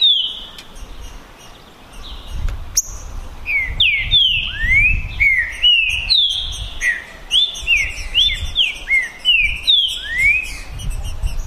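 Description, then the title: Green-winged saltator giving a lively run of whistled notes that grows denser after a quieter start, with low steady noise behind. Green-winged saltator males in a 2022-season song contest between two birds, calling, singing and displaying male rivalry (macheando). "É UMA DISPUTA DE TRINCA FERRO PERFEITA!! NAVAL VS DEMOLIDOR 2022!"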